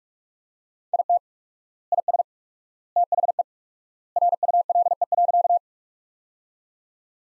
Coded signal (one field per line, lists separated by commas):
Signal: Morse code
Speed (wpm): 41 wpm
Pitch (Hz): 700 Hz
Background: none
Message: IT IS THE RULE.